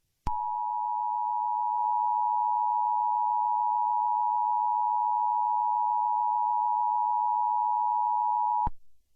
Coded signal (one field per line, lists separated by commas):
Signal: Emergency Alert System (SAME) tones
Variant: 853 and 960 Hz attention tone